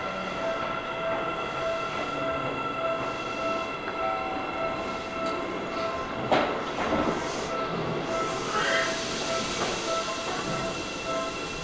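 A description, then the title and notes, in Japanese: A Seibu Railway train rolls along with a steady, dense rumble of wheels and running noise. Several fixed whining tones hum through the whole ride, and a sharper clack or squeal stands out around six seconds, with brief rising whines near eight to nine seconds. 耳で楽しむ鉄道旅 西武鉄道 本川越→東村山→小川→萩山→青梅街道。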